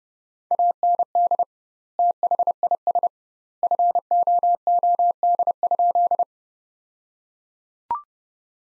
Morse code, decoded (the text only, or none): AND THIS FOOD?